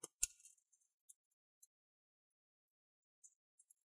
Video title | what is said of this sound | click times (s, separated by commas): Huawei D15 Boh Wap9r 💻 LCD Display Replacement | make sure you hit those click sounds | 0.0 s, 0.2 s, 1.1 s, 1.6 s